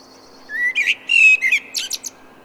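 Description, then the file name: Common blackbird song, a single smooth fluted phrase of slurred whistles that climbs into a few sharp, high squeaky notes. "Turdus merula"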